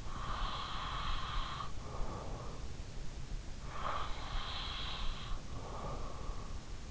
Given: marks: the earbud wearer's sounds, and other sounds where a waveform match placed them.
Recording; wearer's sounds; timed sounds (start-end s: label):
sounds in sleep by an in-ear microphone; breath
0.05-2.51 s: breath
3.31-6.11 s: breath